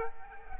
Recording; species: mosquito wingbeat signal from an infrared sensor; Aedes aegypti